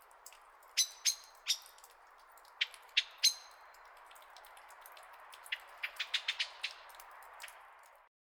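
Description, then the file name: Common blackbird metallic clicking calls, a few strong notes followed by a faster, softer run of ticks. "Turdus merula"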